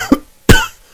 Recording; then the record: coughing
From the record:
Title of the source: Coughing 51